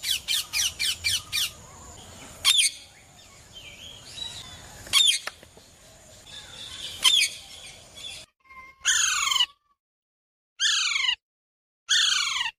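Bird producing rapid raspy chatter, then several loud harsh squawks that slide steeply downward, each separated by short silences, over a faint background hum.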